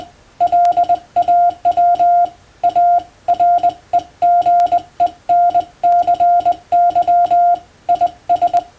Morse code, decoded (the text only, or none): LAW A REGENCY IS